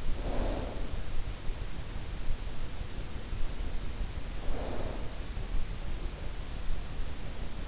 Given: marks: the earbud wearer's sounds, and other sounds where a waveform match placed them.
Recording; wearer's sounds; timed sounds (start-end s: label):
sounds in sleep by an in-ear microphone; snoring breath
0.00-0.77 s: snoring breath
4.28-5.11 s: snoring breath